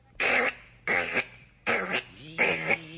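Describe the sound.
A voice imitates the humming motor of Karlsson-on-the-Roof with four short, loud, buzzy vocal bursts in a steady rhythm, each with a wavering, rumbling pitch and brief pauses between them.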